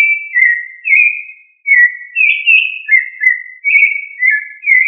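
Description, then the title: Thrush song of fluty whistled phrases varying in pitch, with a short gap early on before the singing resumes. "Familia Turdidae - Sabia"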